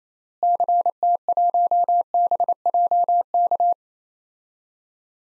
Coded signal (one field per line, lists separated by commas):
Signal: Morse code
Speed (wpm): 27 wpm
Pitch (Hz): 700 Hz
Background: none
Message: CT1BJK